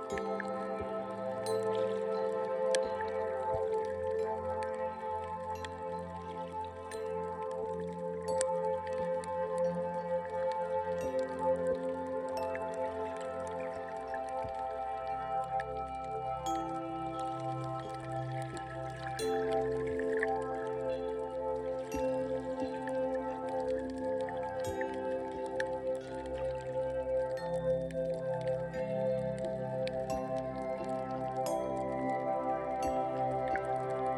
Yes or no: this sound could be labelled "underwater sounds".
yes